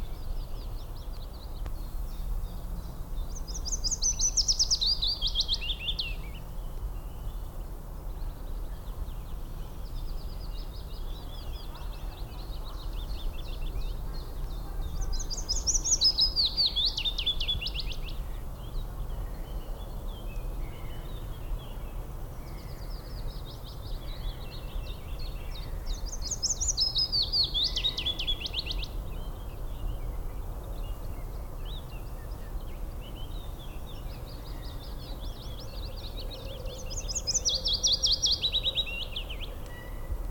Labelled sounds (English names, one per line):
Willow Warbler song